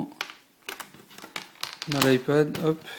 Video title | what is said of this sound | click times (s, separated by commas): Test coque de protection PadSnap Carbon pour iPad | donc en fait on voit que ça se clipse simplement | 0.2 s, 0.7 s, 1.4 s, 1.6 s